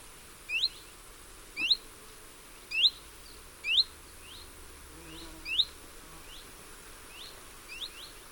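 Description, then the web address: Common chiffchaff calls, short rising whistled notes repeated about once a second, with fainter similar notes in between. Calls on 7 August 2005 at Noarootsi. "Linnut Phylloscopus Phycol 20050807 Noarootsi"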